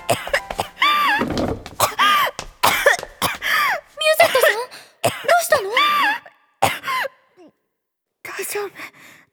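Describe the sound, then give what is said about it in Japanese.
A long, loud fit of repeated coughing, the harsh voiced bursts coming in irregular clusters with strained breaths between, briefly pausing before a final round of coughs. “時々咳が止まらなくなることがあって。”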